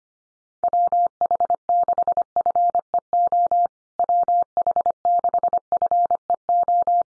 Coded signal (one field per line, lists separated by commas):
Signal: Morse code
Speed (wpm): 25 wpm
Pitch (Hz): 700 Hz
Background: none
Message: WH6FEO WH6FEO